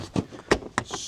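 A plastic cover with a lip is pressed back onto its mounts in the engine bay of a Toyota RAV4 XLE hybrid. After a soft rustle, two sharp snaps land at 0.5 s and 0.8 s. The cover is seated.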